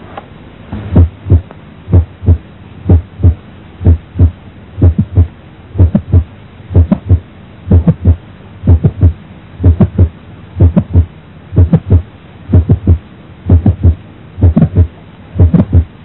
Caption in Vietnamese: Âm sắc đanh xuất hiện ở thì tâm thu, song muộn hơn tiếng click tấm máu, thường ở giữa thì tâm thu. Chúng ta có thể nghe chỉ có một tiếng duy nhất hoặc 2-3 tiếng đứng sát nhau, nghe rõ ở khoảng giữa mỏm tim và phần dưới xương. Nguyên nhân tiếng này đến nay chưa rõ. Tiếng tim bình thường, sau đó tiếng click tâm thu duy nhất và tiếng click tâm thu đôi.